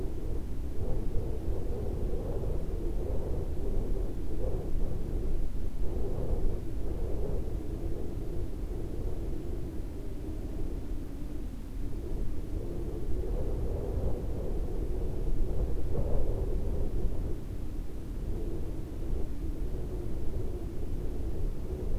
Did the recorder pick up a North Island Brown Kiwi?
no